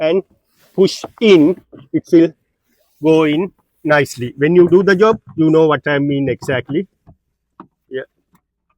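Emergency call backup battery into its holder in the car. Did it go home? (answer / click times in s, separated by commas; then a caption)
yes / 7.6 s. Someone talks while a BMW telematics emergency call backup battery is lined up and pushed into its holder in the car, as part of a repair for an SOS call system failure with fault B7F341. A sharp click is heard at 7.6 s as the battery seats fully in place.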